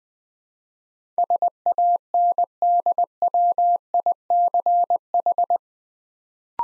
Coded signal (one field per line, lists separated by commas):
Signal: Morse code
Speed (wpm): 20 wpm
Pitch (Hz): 700 Hz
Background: none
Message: SANDWICH